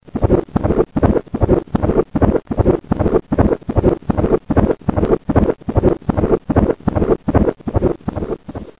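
Rapid, steady whooshing pulses like a fetal Doppler monitor, roughly 140 per minute, with a muffled watery sound between beats: a fast fetal heartbeat.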